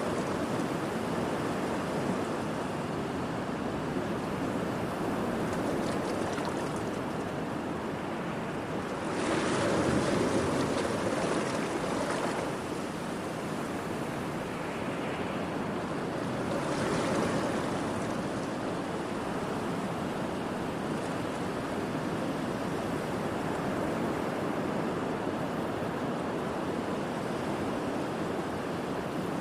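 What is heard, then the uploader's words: Ocean waves wash in a steady, dense roar that fills the whole clip. Brighter surges of breaking surf swell up around 9 to 12 seconds and again near 17 seconds, then settle back into the continuous rushing wash. Ocean Waves Sleep Sounds Aboard Luxury Yacht.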